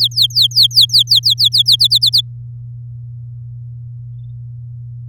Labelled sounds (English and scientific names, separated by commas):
Domestic Canary (Serinus canaria) song